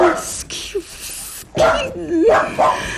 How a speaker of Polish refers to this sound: To nic, to tylko pudel pani Palladino.